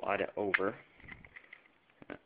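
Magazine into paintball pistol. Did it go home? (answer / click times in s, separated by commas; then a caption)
yes / 2.1 s. Someone talks briefly as an eight-ball magazine is pulled down and slid over into a Tiberius T8.1 paintball pistol, with a few faint scraping ticks along the way. The magazine locks into place with a sharp click at 2.1 s.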